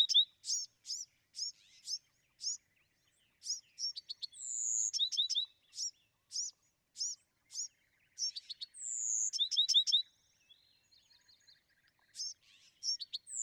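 Bewick's wren delivering rapid bursts of sharp looping notes, interspersed with long falling whistles, repeated throughout.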